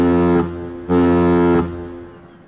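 A ship's horn sounds two deep, brassy blasts before departure, the first short and the second longer, each loud and steady before cutting off into a lingering, fading echo.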